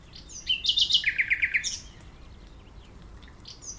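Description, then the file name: Common nightingale song: one rich phrase of rapid, repeated, sharp notes that drop in pitch partway, followed by a pause and the start of another phrase. "Usignolo"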